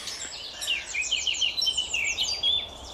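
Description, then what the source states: Eurasian blackcap song: a quick, clear warble of high, whistled, slurred notes running steadily throughout. Singing at dawn in a hawthorn hedgerow in a small nature area just across the German border near Nijmegen.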